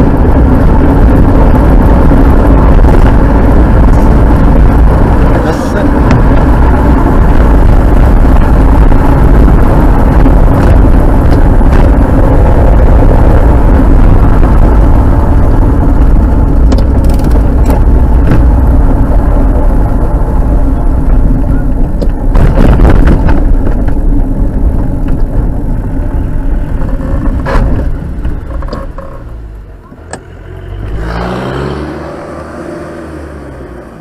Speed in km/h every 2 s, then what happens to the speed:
48, 54, 59, 64, 59, 52, 54, 39, 35, 30, 24, 17, 16, 9, 5, 6, 4.
0-5 speeds up to 64. 7-28 slows to 5. 28-34 steady at about 5.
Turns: 18-27.